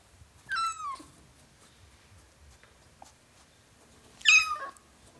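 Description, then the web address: Domestic cat: kitten meowing: two high, bright mews, each falling in pitch, about four seconds apart. Ten-week-old kitten, meowing. "The BBC Sound Effects Library (Cats) Ten Week Old Kitten, Meowing"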